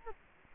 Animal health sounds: mosquito wingbeat signal from an infrared sensor; Culex quinquefasciatus

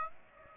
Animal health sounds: mosquito wingbeat signal from an infrared sensor; Aedes aegypti

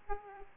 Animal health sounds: mosquito wingbeat signal from an infrared sensor; Aedes aegypti

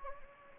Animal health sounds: mosquito wingbeat signal from an infrared sensor; Anopheles gambiae

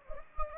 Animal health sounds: mosquito wingbeat signal from an infrared sensor; Anopheles gambiae

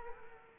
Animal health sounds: mosquito wingbeat signal from an infrared sensor; Culex quinquefasciatus

